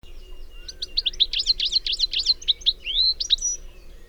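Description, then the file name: European goldfinch twittering: a rapid tinkling jumble of high, liquid notes and short buzzy trills running almost continuously, with a faint low hum underneath. "Carduelis carduelis"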